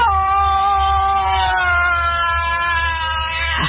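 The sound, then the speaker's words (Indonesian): A person lets out one long, loud scream that holds a steady, high pitch and slowly sags lower, ending with a short break, over a low background rumble. “Orang menjerit.”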